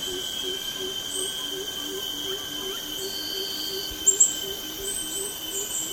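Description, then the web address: Greater coucal giving a long series of low, soft hooting notes, about two or three per second, over steady high insect trilling. Recorded May 2007. "PJGNGLUMUT. greater coucal"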